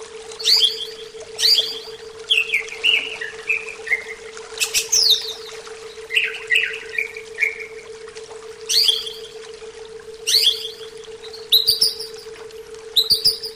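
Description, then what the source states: Greater green leafbird song: strong descending whistles and fluty stepped slurs in spaced phrases, some quick chatter near the end, over a steady hum. Bird training (terapi).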